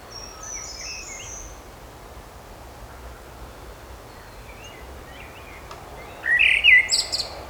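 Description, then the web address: Bird song: faint high twittering early on, then a loud warbled phrase near the end over a soft steady background hiss. Birds singing in a park. "مجموعه افکت صدا حیوانات SES Animals SFX Singing Birds in Park"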